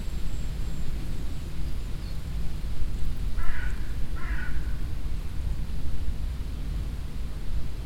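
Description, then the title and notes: Crow giving two harsh, rasping caws in quick succession midway through, set against steady gusting wind. Some crows flying by at the end of a windy late-summer evening recording at a cow meadow in Roder; trees and bushes moving in fresh wind from the nearby valley. "Roder - Wind in the bushes. finally some crows that fly by"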